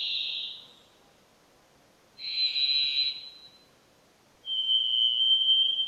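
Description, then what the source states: Varied Thrush singing drawn-out single-pitch whistles with long silent gaps, one note fading, a buzzy note, then a purer, slightly lower tone. Played back as a mystery sound; song of separate notes likened to someone practicing an oboe.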